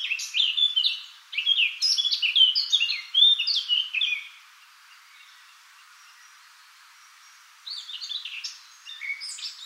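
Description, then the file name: Eurasian blackcap singing two bursts of quick, jumbled warbling with clear whistled notes, separated by roughly three seconds of near silence. "Sylvia atricapilla"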